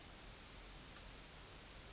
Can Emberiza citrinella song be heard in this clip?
no